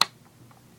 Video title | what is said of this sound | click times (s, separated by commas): UTG shadow ops L96 airsoft gun | and when you get that on the bipod is really easy to put on it just clicks in place | 0.0 s